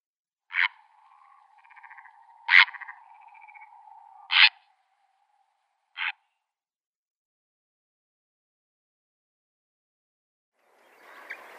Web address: Schulze Peter Purple Heron